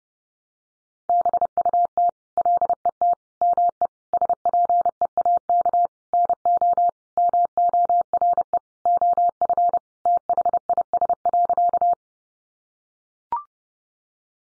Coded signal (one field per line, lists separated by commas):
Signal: Morse code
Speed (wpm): 30 wpm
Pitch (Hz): 700 Hz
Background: none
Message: BUT LET ME SPEAK NO MORE OF THIS.